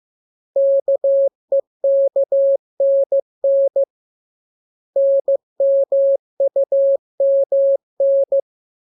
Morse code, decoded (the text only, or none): KEKNN NMUMN